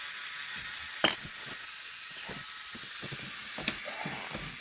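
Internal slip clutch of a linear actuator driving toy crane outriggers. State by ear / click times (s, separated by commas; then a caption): torque reached / 1.1 s, 3.7 s, 4.3 s. A motor-driven linear actuator extends the plastic outrigger legs of a brick-built toy crane. As the legs reach the end of travel, the actuator's internal slip clutch clicks at 1.0, 1.1, 3.7 and 4.3 seconds over a steady hiss. The clutch slips to keep the actuator from breaking.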